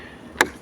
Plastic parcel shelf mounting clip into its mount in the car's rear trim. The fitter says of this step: फिर लॉक हो जाएगा ये।